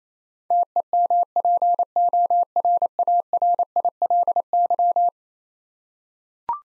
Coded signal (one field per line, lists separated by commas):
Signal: Morse code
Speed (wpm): 27 wpm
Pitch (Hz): 700 Hz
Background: none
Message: TEMPORARILY